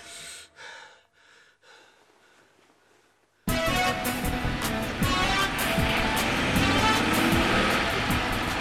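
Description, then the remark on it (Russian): A few faint, breathy gasps, then an abrupt cut to a loud, steady roar of a car driving at speed on a highway, with dense road and engine noise continuing to the end. “Едет с другом Сереж, по трассе. Прибавь газа, а?”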